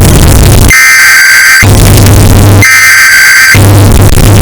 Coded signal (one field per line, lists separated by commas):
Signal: Emergency Alert System (SAME) tones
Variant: header bursts